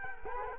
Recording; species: mosquito wingbeat signal from an infrared sensor; Culex quinquefasciatus